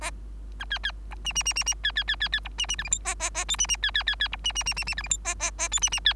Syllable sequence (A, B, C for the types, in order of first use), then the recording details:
A B B C D D D D D B B B B B C D D E F G H H H I D D B B B B C D D D D D E F G H H H I D D B. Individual Bird3